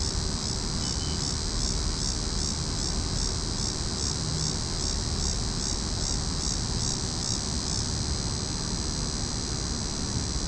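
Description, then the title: Cicadas keep up an unbroken high-pitched buzz with a rhythmic pulsing beat, set against steady low-frequency rumble. Several cicadas calling in a tree. "neoscenes: cicadas in tree"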